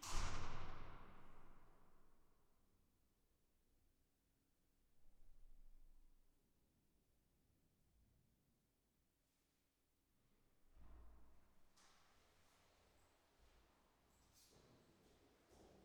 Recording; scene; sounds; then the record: everyday scene through a hearing-aid microphone; reverberant space; background noise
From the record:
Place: staircase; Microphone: behind the ear, right, front